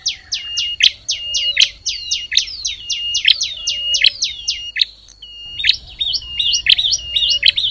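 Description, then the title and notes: Prinia song: fast runs of high, buzzy down-slurred notes, broken by sharp clicks and a thin steady whistle, with a brief pause near five seconds. Compilation of calls used as tutor material (masteran) for training captive songbirds. "Kompilasi Suara Ciblek Prenjak Cocok Untuk Masteran. Kicau Burung Prenjak Ciblek"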